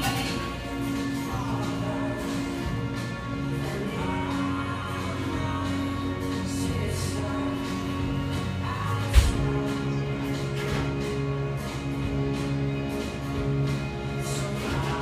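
Café sounds from a small drip coffee shop: a dense, steady wash of murmur over low, constant machine hum. Soft clinks come and go throughout, and one sharp knock or thud stands out around nine seconds in.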